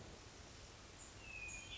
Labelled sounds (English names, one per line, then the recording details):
Hermit Thrush
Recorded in Sonoma County, California